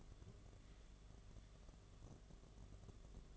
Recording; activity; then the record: daily activity, microphone in the room; take from stove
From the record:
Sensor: 4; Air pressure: 1011.2 hPa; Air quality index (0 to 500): 140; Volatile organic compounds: 3 ppm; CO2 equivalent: 1430 ppm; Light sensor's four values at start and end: 233/608/256/269 and 207/541/229/239